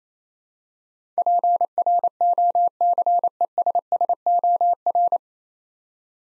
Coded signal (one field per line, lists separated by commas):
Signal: Morse code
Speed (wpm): 27 wpm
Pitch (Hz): 700 Hz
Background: none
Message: PROCESSOR